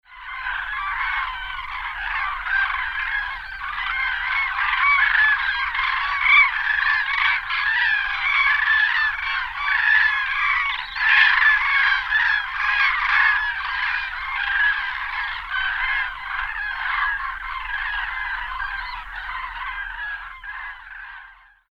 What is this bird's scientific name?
Grus grus